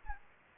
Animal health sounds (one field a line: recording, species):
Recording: mosquito wingbeat signal from an infrared sensor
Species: Aedes aegypti